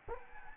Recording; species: mosquito wingbeat signal from an infrared sensor; Anopheles gambiae